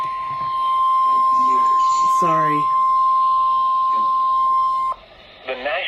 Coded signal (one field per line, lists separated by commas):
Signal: Emergency Alert System (SAME) tones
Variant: 1050 Hz attention tone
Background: speech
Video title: Severe Thunderstorm Warning on WXJ53 (EAS Alert #76) - 6/22/19